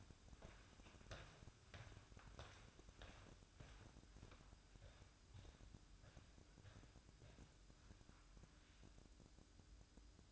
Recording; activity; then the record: daily activity, microphone in the room; walk to room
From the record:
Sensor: 2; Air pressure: 1008.0 hPa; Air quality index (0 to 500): 116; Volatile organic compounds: 1 ppm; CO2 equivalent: 862 ppm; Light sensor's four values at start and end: 9/21/9/9 and 9/21/9/9